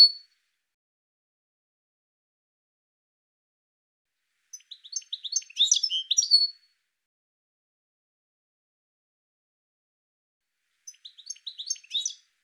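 Bird calls: an opening high note, then a cluster of quick twittering chirps, repeated later after a long silence.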